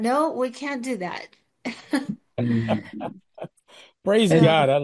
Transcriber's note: laughs